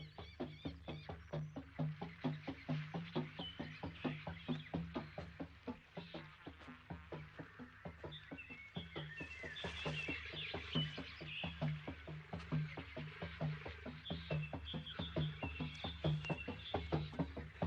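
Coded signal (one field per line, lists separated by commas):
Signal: drum signal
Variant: garamut slit drums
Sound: fast steady booming wooden drum strokes, about four per second, with birds chirping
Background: birdsong, outdoor ambience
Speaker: Desde el interior del piso superior de esta casa Tambarán, piso al que solo tienen acceso los que han pasado por la ceremonia de la iniciación, las voces de 2 tambores garamut están convocando asamblea.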